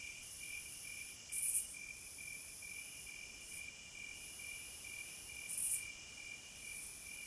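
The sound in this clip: Cicadas: continuous shrill hiss over a throbbing lower buzz, rising into two brief loud swells about four seconds apart.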